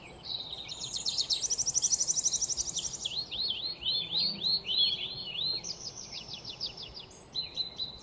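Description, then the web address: Tree pipit song: a rapid trill of high notes, then a series of slurred notes and another brief trill. "Anthus trivialis song. birds of the ussr"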